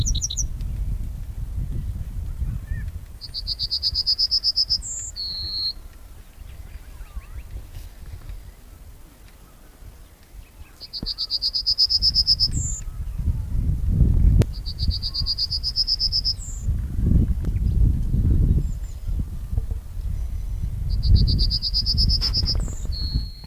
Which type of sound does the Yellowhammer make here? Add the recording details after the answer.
song. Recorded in the wild. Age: adult. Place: Lübars (Fließtal), Berlin, DE. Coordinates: 52.6167, 13.35. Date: 2001-05-01 13:02. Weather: sonnig, 23°C, windig. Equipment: Nagra SN, Kopie Uher 4000 Report Monitor. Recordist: Tembrock, Günter